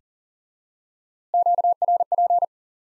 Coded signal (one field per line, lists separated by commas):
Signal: Morse code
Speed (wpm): 40 wpm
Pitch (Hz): 700 Hz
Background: none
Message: QRP